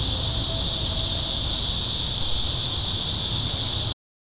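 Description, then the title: Cicadas in a loud, even, high buzzing drone that stops abruptly into silence just before the end. Cicadas singing in town. "neoscenes: cicadas in town"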